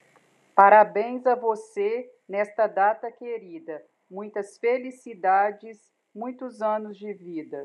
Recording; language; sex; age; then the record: short text; Brazilian Portuguese; female; 40 to 49 years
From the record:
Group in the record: control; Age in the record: 45 years